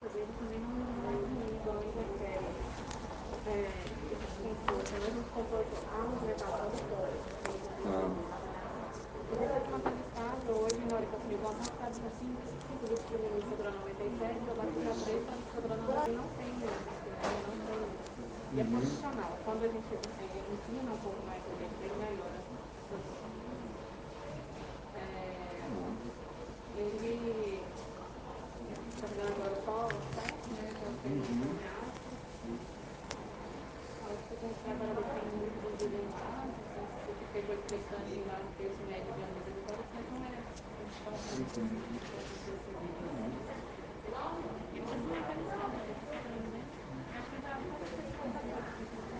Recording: hospital ward noise